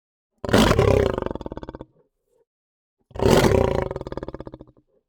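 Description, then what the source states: Lion snarling in two long, gravelly, rasping bursts about two and a half seconds apart, each fading out raggedly. Aggressive snarl, long version.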